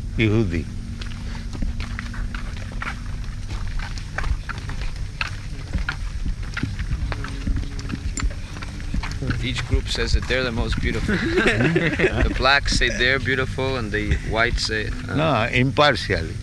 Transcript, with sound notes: Yehudi.
Each group says that they're the most beautiful. [laughter] The blacks say they are beautiful, and the whites say...
No, impartially.